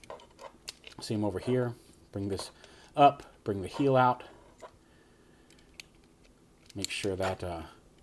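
Someone talks while handling the plastic foot and heel panel on the leg of a Mastermind Creations Reformatted R-42 D-ZEF robot action figure during transformation, bringing the heel out toward a locating tab. Only brief, faint handling ticks are heard between the words. The panel has not snapped onto the tab yet, and nothing has seated or clicked.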